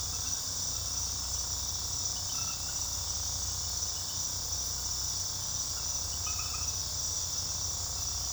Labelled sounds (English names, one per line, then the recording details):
none
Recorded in pastures near Puerto Asís, Putumayo, Colombia, on 21 February 2024 at 23:30
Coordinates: 0.486, -76.323
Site G6462